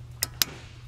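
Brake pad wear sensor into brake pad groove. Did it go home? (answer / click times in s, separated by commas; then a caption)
yes / 0.2 s, 0.4 s. A brake pad wear sensor end on the front brakes of a Range Rover Sport Supercharged is pushed gently into the groove cut in the brake pad. Two short, sharp clicks sound at 0.2 s and 0.4 s over a low steady hum. The sensor is seated in the pad.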